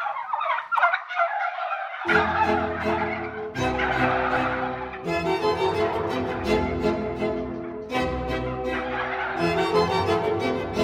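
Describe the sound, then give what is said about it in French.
Turkeys gobble in loud, repeated bursts of rapid, warbling, throaty calls, several overlapping, after a brief stretch of softer scratchy chatter at the start. No one speaks. “Ce plat, ce nouveau plat, c'est le dindon.”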